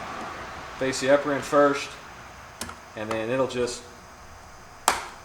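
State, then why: Seated. Someone talks while a repaired lighted vanity mirror assembly for a Porsche Boxster 986 / Carrera 996 is fitted upper end first into the plastic headliner opening of the car's sun visor area, with a couple of faint ticks near 2.6 s. It is then pushed in until its lower tab locks, giving a single sharp snap at 4.9 s as the assembly seats.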